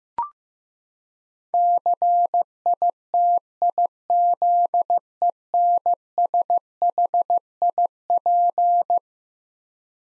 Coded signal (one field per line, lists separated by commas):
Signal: Morse code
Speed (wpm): 15 wpm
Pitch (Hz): 700 Hz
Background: none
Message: CITIZENSHIP